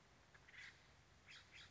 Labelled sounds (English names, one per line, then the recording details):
Acorn Woodpecker
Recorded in Sonoma County, California